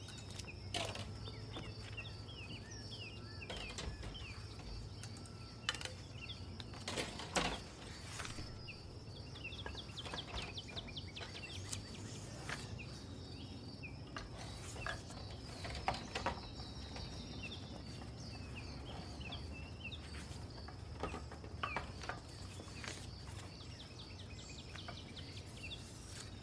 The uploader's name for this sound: Summer kitchen white noise has the sound of cooking and baking